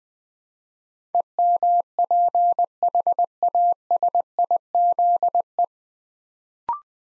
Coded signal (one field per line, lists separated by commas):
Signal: Morse code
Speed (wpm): 20 wpm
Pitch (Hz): 700 Hz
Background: none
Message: EMPHASIZE